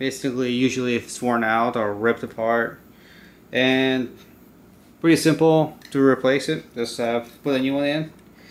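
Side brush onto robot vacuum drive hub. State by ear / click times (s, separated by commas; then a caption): not seated / none. Someone talks while handling a new plastic side brush for an iRobot Roomba 700/800 series robot vacuum, which is being fitted onto the drive hub to replace a worn-out or ripped-apart one. The clip ends before the brush goes home, so nothing has seated or clicked yet.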